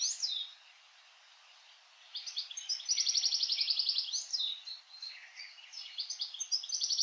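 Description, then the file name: European goldfinch in a tumbling twitter of high chirps and rapid buzzy trills, opening with a single chirp, then after a silent gap of about one and a half seconds running continuously to the end. "Carduelis carduelis"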